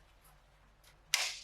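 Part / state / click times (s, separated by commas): timing chain tensioner into engine block / seated / 1.1 s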